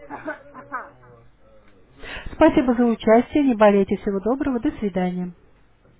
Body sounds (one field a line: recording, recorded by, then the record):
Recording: voluntary cough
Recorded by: telephone call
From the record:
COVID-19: negative